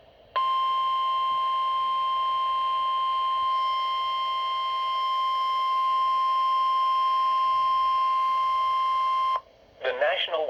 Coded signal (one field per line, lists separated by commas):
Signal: Emergency Alert System (SAME) tones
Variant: 1050 Hz attention tone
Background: speech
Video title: Severe Thunderstorm Warning (EAS #46)